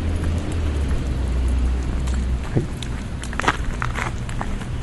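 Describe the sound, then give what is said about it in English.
A garbage truck on the other side gives a low, steady engine rumble that fills the first half, then fades as a few sharp clanks and knocks ring out over a grainy outdoor hiss. “See, there's that trash truck on the other side now.”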